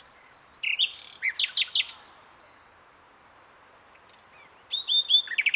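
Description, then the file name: Common nightingale song: two short bursts of sharp, high chirping notes and whistles, separated by about two and a half seconds of quiet background hiss. "Luscinia megarhynchos"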